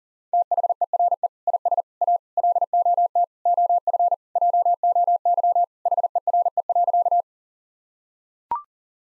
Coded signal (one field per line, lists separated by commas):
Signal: Morse code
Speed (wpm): 40 wpm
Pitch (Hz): 700 Hz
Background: none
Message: THERE IS A LOT OF JOY HERE.